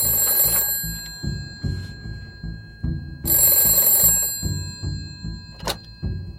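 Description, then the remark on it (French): In a film, a telephone bell rings incessantly at the Bergueron family home, in two bright, jangling bursts separated by a pause of a few seconds, over a steady low thumping pulse that runs underneath throughout. “Tout au long du film, la sonnerie de téléphone retentit de façon incessante chez les Bergueron, la quiétude du foyer.”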